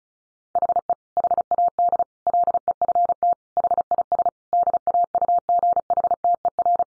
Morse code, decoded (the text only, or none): HE HAD LEFT HIS DAUGHTER